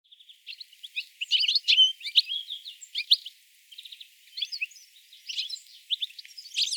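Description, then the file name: European goldfinch twittering: rapid, varied high chirps and buzzy trills running almost continuously, tumbling notes with brief gaps between phrases. "Carduelis carduelis"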